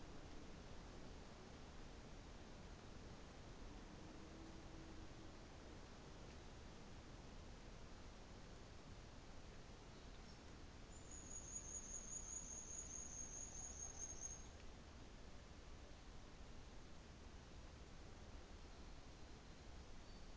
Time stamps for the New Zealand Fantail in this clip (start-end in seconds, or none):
10.71-14.72